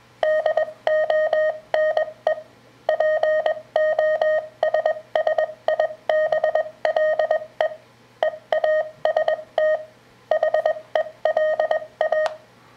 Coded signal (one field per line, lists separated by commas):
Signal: Morse code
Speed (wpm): 20 wpm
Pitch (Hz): 620 Hz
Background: none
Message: DONE POSSIBLE EAST HELA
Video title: Ways to practice your CW copy